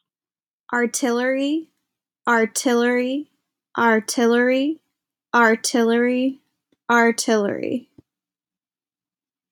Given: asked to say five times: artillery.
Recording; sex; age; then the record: repeated word; female; 20 to 29 years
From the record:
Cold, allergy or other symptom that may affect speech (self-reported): no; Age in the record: 29 years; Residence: Massachusetts, United States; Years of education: 20